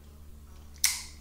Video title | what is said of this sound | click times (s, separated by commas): Plusinno Telescopic Spinning Combo - Is it any good? | and it clicks into place it sounds like it's a solid click | 0.8 s